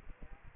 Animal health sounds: mosquito wingbeat signal from an infrared sensor; Aedes aegypti

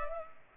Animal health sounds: mosquito wingbeat signal from an infrared sensor; Culex pipiens

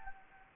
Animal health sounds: mosquito wingbeat signal from an infrared sensor; Anopheles gambiae

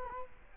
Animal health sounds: mosquito wingbeat signal from an infrared sensor; Culex quinquefasciatus

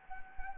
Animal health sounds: mosquito wingbeat signal from an infrared sensor; Anopheles gambiae

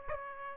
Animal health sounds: mosquito wingbeat signal from an infrared sensor; Aedes aegypti

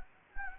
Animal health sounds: mosquito wingbeat signal from an infrared sensor; Anopheles gambiae

